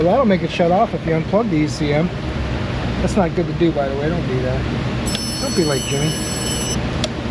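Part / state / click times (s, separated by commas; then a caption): wiring harness connector into engine control module / not seated / none. Someone talks while a large plastic multi-pin wiring harness connector is pushed onto the engine control module, with a steady low hum underneath and a high-pitched tonal whine from about 5.1 to 6.8 s. A brief sharp sound comes at 7.0 s, but the connector's lock has not engaged; nothing has latched or clicked, and the connector fails to latch.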